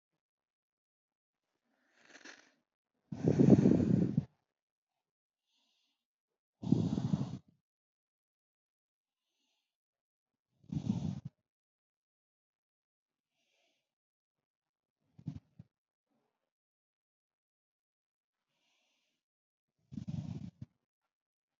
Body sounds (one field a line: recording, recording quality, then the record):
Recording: deep breathing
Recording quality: excellent, no background noise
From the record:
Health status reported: exposed to COVID-19, no respiratory illness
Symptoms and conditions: hypertension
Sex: male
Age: 25 years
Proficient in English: yes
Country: India